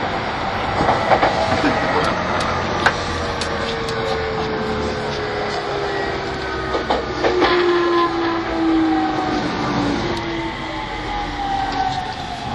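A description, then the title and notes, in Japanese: A commuter train rolls along with a steady, dense rumble and rattle. A motor whine glides slowly downward through the middle of the recording as the train eases its speed. Sharp clicks and knocks from the wheels and car body break through now and then. E231系 山手線外回り01 東京～東京。2010年代当時山手線で主力車両だった、E231系山手線外回りを収録したものです。音の旅(走行音)。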